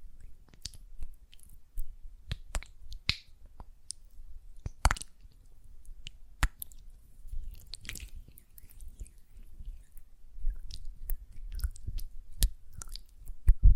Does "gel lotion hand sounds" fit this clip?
yes